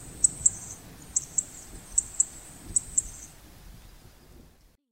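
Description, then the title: Zitting cisticola giving very high, sharp ticking notes in paired bursts, repeated several times over three seconds against a low rumbling background. Recorded at Baiyangdian, China; the bird is called a "splits master". "家住白洋淀——我的观鸟笔记 “劈叉高手”棕扇尾莺"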